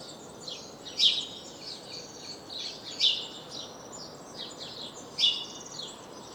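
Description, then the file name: House sparrow chirps, three strong calls spaced about two seconds apart, with many fainter bird twitters filling the background. "Passer domesticus"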